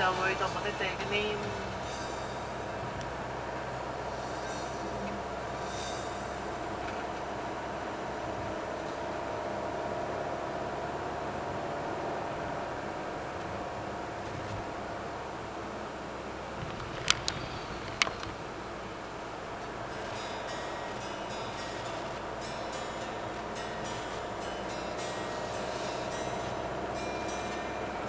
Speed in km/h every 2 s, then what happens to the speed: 48, 40, 51, 53, 54, 57, 58, 54, 50, 46, 46, 47, 49, 52.
2-11 speeds up to 58. 11-18 slows to 46. 18-28 speeds up to 52.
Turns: none.